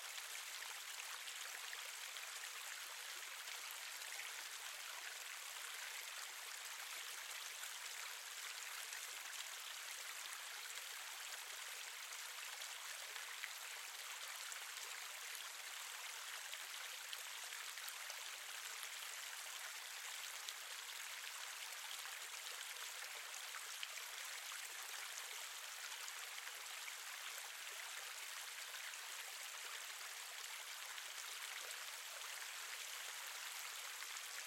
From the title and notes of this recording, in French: Murmure de Cascade. Le son de l'eau qui s'écoule doucement.